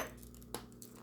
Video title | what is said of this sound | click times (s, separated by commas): ARRMA Boost 4x4 Traction Boost Installation How to. | Little snap there too. Perfect. | 0.5 s